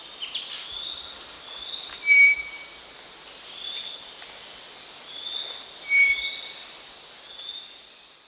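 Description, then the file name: Maroon-breasted philentoma calling with two brief, pure whistled notes about four seconds apart, against a constant high shrilling of crickets and other insects. Recorded at Danum on 1 March 2008. "DANUM 20080301"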